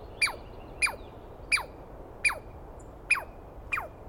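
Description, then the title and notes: Douglas squirrel screeching: six loud, abrupt calls that start with a click and sweep sharply downward, evenly spaced over four seconds. Wild Douglas pine squirrel screaming at length at dawn on the morning of 21 April 2017 in the East Cascades; identified by its sound, not seen well. "Interview With The Chipmunk. On the morning of 21 April, 2017, I set up my microphones and recorder for a nice dawn recording in the East Cascades. I was started awake by a screaming Douglas Pine Squirrel"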